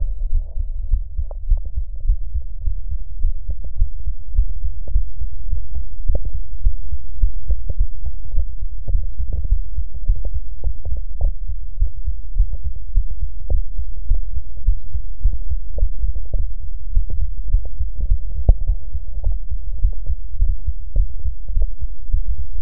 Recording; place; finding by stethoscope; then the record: heart sounds by stethoscope; tricuspid valve (TV); normal heart sounds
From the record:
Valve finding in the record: tricuspid regurgitation, grade 1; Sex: female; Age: 56 years